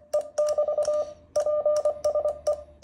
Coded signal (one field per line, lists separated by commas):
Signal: Morse code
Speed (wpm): 24 wpm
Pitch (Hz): 600 Hz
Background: none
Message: E <BT> PSE